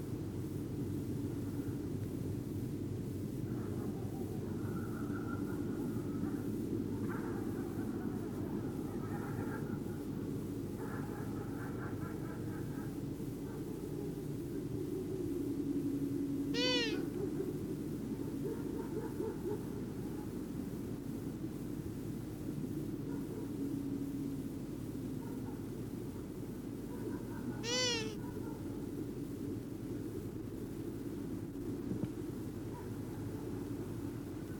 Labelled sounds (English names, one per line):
Long-eared Owl call